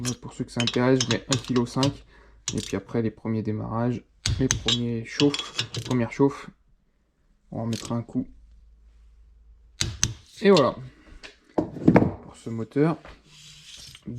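A torque wrench is pulled on the engine case bolts of a Tomos A35 engine being fitted with an Airsal 65cc kit, set to 1.5 kg. Someone talks, then after a pause the wrench gives a loud double click at 9.8 s and 10.0 s as it reaches its setting, completing the tightening.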